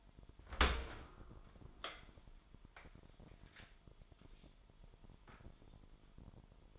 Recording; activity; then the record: daily activity, microphone in the room; open dishwasher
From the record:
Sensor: 5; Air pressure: 998.5 hPa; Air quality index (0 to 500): 80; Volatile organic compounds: 1 ppm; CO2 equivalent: 910 ppm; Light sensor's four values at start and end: 26/61/26/29 and 26/61/26/29